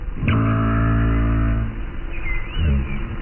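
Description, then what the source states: Minke whale, a twangy, string-like harmonic tone held for about a second and a half underwater, followed by thin rising and falling whistles. Underwater hydrophone recording; minke whales sound like plucked strings.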